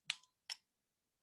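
A torque wrench with a hinged head, turning a bicycle bolt during bike reassembly, breaks over with a sharp click at 0.1 s as it reaches the correct torque. A faint tick follows at about 0.2 s, then a second, softer sharp click at 0.5 s before silence.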